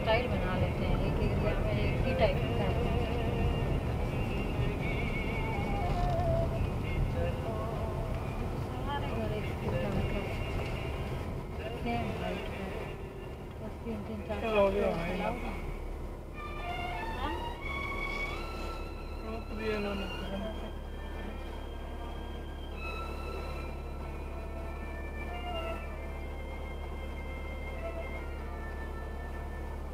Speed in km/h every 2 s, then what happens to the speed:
37, 37, 30, 21, 17, 14, 12, 11, 6, 1, 0, 0, 0, 0, 0.
2-18 slows to 1. 18-30 standing.